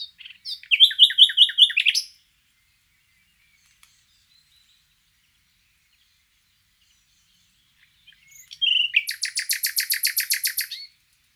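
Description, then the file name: Common nightingale song in two bursts: a rhythmic series of repeated rich notes, a long silence, then a loud rapid rattling trill. "Luscinia megarhynchos"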